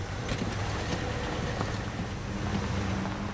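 car driving away

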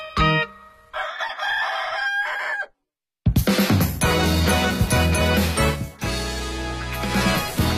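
rooster crowing

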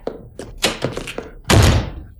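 door slammed shut

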